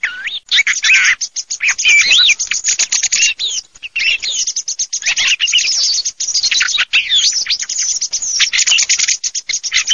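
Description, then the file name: Thrush: a dense, rapid run of whistled, looping notes mixed with sharp clicks and chatter, almost continuous, with a few brief pauses. "tordobsciullo"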